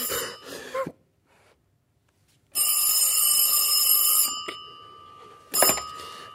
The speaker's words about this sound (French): Et pourquoi on ne décroche pas tout simplement le téléphone?